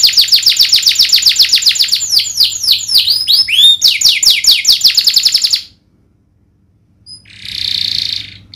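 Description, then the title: Domestic canary song of fast repeated downslurred whistles and swooping notes for about five seconds, then silence, then a short buzzy trill. Lively singing canary with the best melodic twists (cengkok) and rich fill-in phrases (isian). "Kenari Gacor Cengkok Terbaik Isian Paling Mewah Kenarigacor Kicaumania Kenari"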